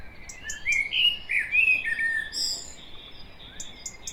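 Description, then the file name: Common blackbird delivering one clear warbling phrase of sliding mid-pitched notes that rises into a higher twitter around two and a half seconds, then fades to faint ticks. "Turdus merula"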